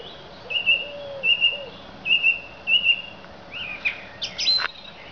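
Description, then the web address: Thrush singing a short whistled phrase repeated four times in a row, then shifting to higher rising notes. "Zingende lijster"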